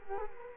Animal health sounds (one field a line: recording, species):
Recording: mosquito wingbeat signal from an infrared sensor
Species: Culex quinquefasciatus